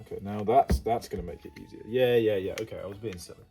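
A plastic suspension or chassis part is handled as it is being fitted into the chassis of an HPI Nitro MT2 nitro RC monster truck during re-assembly, while someone talks throughout and music plays in the background. Nothing has seated or clicked into place yet.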